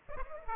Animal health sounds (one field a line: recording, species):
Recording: mosquito wingbeat signal from an infrared sensor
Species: Aedes aegypti